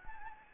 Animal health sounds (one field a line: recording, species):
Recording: mosquito wingbeat signal from an infrared sensor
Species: Anopheles gambiae